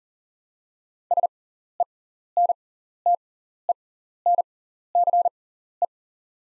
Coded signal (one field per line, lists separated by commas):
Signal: Morse code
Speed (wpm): 38 wpm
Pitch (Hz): 700 Hz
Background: none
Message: SENTENCE